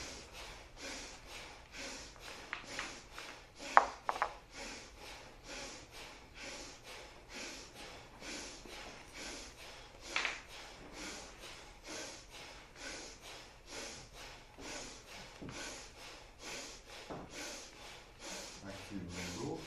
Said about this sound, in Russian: Активно дышим.